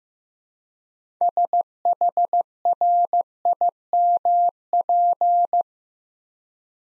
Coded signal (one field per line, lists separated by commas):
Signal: Morse code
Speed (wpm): 15 wpm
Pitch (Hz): 700 Hz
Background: none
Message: SHRIMP